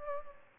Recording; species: mosquito wingbeat signal from an infrared sensor; Aedes albopictus